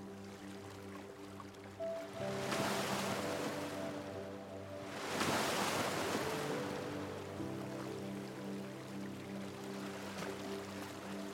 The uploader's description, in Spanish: el sonido natural de las olas relajantes y la armonía delicada de la música suave